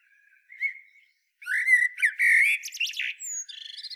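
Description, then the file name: Common blackbird singing: faint low whistles, then a loud rapid burst of fluted and squeaky notes finishing in a thin trilled twitter. "Turdus merula"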